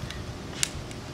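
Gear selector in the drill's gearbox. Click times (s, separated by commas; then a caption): 0.6 s. The gear selector in the gearbox of an AGP TC20/TC40/TC402 tile drilling machine is shifted into second gear while the spindle is turned by hand. A faint tick at 0.1 s is followed by a sharp, bright snap at 0.6 s as the selector engages and seats in second gear.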